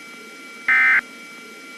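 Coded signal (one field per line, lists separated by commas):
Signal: Emergency Alert System (SAME) tones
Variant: end-of-message bursts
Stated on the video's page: Fictional zombie-themed EAS scenario recreation with valid SAME tones.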